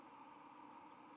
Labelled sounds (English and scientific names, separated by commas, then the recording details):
White-throated Sparrow (Zonotrichia albicollis) flight call
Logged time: 09:19 on 31 October 2014